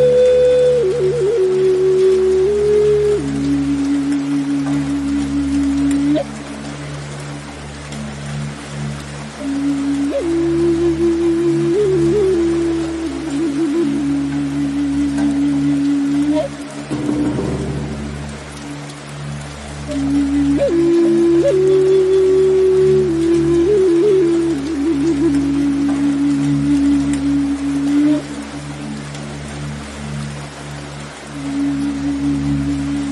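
Rain falls steadily beneath a Native American flute playing a slow, breathy melody that steps down and lingers on long held notes. The flute phrases come in two waves, near the start and again around twenty seconds, with a low steady drone underneath throughout.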